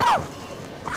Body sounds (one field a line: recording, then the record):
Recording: coughing mixed with background sound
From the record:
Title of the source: Heavy cold and sore throat coughing.